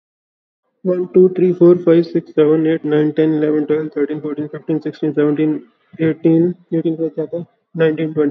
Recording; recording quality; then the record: counting at a fast pace; excellent, no background noise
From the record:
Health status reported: healthy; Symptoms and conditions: cold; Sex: male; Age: 24 years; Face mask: not worn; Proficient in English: yes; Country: India